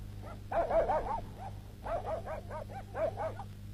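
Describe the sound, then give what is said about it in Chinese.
A dog barks in three quick bursts of repeated, mid-pitched yaps, each burst lasting about a second with short pauses between, over a steady low hum. “快快把狗藏起来。”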